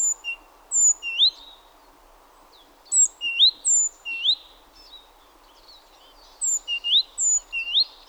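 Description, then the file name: Great tit calls: thin high downslurred notes and sharp upslurred chips in irregular clusters, with brief quiet gaps. "Parus major"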